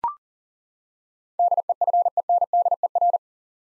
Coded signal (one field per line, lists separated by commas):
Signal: Morse code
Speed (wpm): 40 wpm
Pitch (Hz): 700 Hz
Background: none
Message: DEFENDER